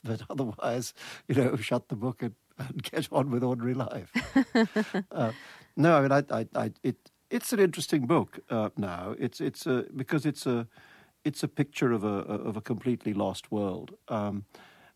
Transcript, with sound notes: but otherwise, you know, shut the book and get on with ordinary life.
(laughs)
No, and I -- it's an interesting book now. It's -- because it's a picture of a completely lost world.